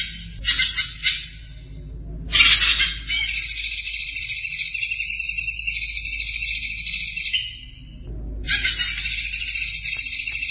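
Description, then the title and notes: Greater green leafbird song: sustained, buzzy, rapidly trilled phrase lasting several seconds, with shorter chattering bursts before and after, over steady low background noise. "Kicau Burung Cucak Ijo. Suara kicauan burung cucak ijo"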